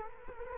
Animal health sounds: mosquito wingbeat signal from an infrared sensor; Culex quinquefasciatus

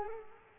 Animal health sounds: mosquito wingbeat signal from an infrared sensor; Culex quinquefasciatus

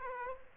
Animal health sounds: mosquito wingbeat signal from an infrared sensor; Aedes aegypti

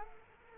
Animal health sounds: mosquito wingbeat signal from an infrared sensor; Culex quinquefasciatus

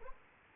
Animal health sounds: mosquito wingbeat signal from an infrared sensor; Aedes aegypti

